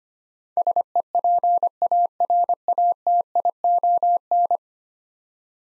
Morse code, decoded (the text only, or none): SEPARATION